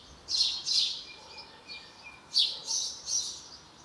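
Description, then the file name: House sparrow giving two bursts of scratchy chirps, two notes then three, separated by a short pause. "Passer domesticus"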